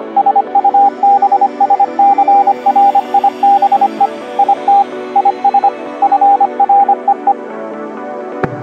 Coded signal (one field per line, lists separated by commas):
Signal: Morse code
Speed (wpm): 25 wpm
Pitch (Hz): 800 Hz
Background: music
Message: SUBSCRIBE IT IS FREE